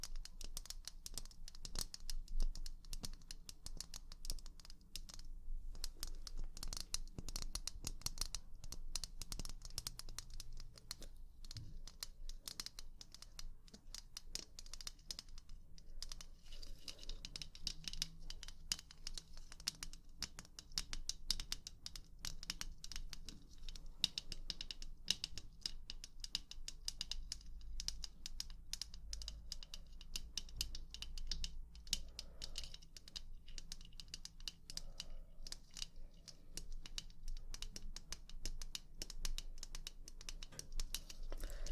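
Rapid tapping runs through the whole clip, dense irregular clicks like fingers on a keyboard, bright and crisp with no real pauses. A low steady hum sits underneath, swelling slightly around the middle and again near the end.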